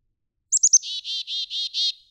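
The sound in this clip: Black-capped chickadee call: three sharp high notes followed by five raspy dee notes, delivered once.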